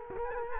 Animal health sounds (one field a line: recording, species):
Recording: mosquito wingbeat signal from an infrared sensor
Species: Culex quinquefasciatus